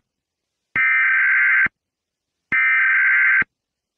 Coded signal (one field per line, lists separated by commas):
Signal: Emergency Alert System (SAME) tones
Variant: header bursts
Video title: Twisted: a random EAS Scenarios